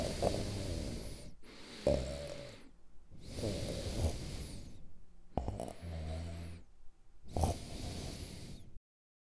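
An adult sleeper snoring with repeated low, rumbling breaths.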